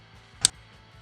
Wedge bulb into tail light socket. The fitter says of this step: We punch in the bulb inside the plug and then press it down until we hear a clicking sound.